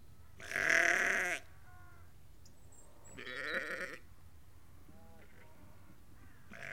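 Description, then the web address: Sheep calling: a loud bleat, a weaker second bleat, faint bleats in between, and another starting at the end. A flock of about 30 to 50 ewes and lambs calling. "BBC Sound Effects Library (Livestock) About 30-50 Ewes and Lambs Calling"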